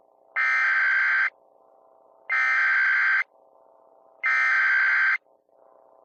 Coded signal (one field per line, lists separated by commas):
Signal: Emergency Alert System (SAME) tones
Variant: header bursts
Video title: SCP X (+ Deejay Greg) (EAS Scenario)